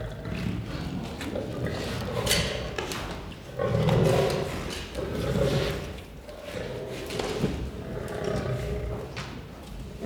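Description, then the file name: Lion growling and roaring, deep raspy bouts rising and falling several times, with a strong roar-like swell in the middle. "Het grommen en brullen van een leeuw - Beeld en Geluid"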